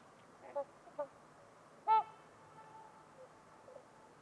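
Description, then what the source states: Trumpeter swan honks: two short nasal notes, then a louder, richly harmonic trumpet-like honk, followed by faint softer notes over quiet background hiss. Trumpeter swans at Winters Lake in a deep valley on a winter's eve; otherwise silent, with distant white noise.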